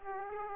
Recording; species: mosquito wingbeat signal from an infrared sensor; Aedes aegypti